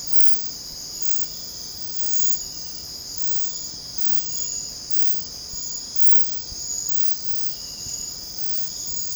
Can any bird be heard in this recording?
no